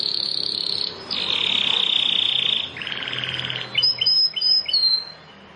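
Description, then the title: Prinia song: long buzzy, rasping trills, followed by a few short, high, sharply rising chirps. "Ciblek Sawah"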